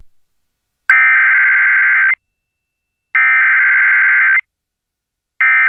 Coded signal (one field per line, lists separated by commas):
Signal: Emergency Alert System (SAME) tones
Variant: header bursts